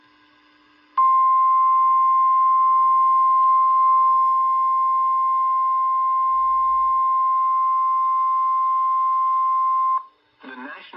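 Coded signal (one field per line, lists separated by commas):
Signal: Emergency Alert System (SAME) tones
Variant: 1050 Hz attention tone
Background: speech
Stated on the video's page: Severe thunderstorm warning from an online stream of a NOAA weather radio station.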